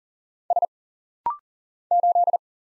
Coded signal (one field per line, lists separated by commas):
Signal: Morse code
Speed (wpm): 42 wpm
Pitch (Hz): 700 Hz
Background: none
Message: S 8